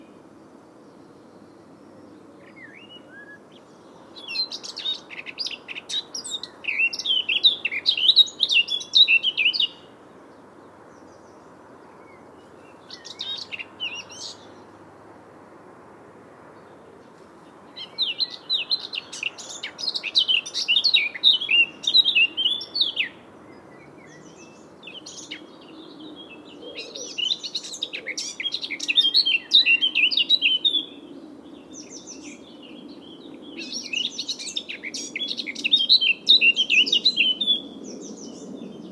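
A blackcap sings bright, rapid warbling phrases in bursts of several seconds, separated by pauses, over a faint low steady rumble.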